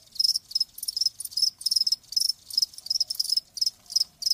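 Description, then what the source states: Cricket chirping in loud, crisp high bursts, evenly spaced and clear. Crickets chirping, presented as lulling sleep sounds.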